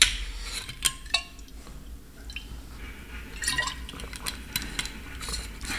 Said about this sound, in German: Und ich muss mal einen Schluck Wasser nehmen. Es ist echt heiß draußen.